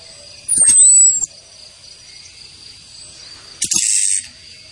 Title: Anis Kembang Gacor. Suitan betina dan kretekan bikin anis kembanganis merah GACOR